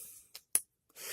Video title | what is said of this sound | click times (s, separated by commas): WEE Wednesday: CTSmart KE64 Slip Joint Folder - One Flaw: Are You Okay with It? | a click you hear right there that's the detent so | 0.6 s